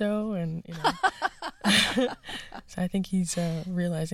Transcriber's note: laughter